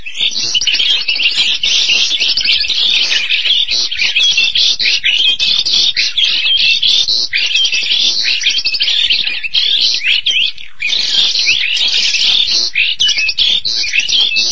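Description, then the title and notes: Starling song, a long rambling mix of rasping chatter and high whistled notes, briefly dipping before picking up again. "suara burung jalak"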